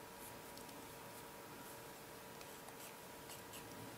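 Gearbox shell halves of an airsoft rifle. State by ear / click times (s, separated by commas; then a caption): not seated / none. The two halves of an airsoft rifle's metal gearbox shell are handled as they are brought together to be closed. Quiet scraping and light handling noise run over a steady faint hum, with a small tap at about 0.6 s. Nothing has seated or clicked yet.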